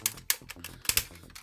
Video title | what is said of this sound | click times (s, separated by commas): Transformers Generation 1 G1 ULTRA MAGNUS! Bert The Stormtrooper Reviews! | and lock into place. | 0.3 s